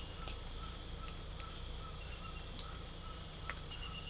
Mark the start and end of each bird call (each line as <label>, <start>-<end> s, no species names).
bird call, 0.00-4.09 s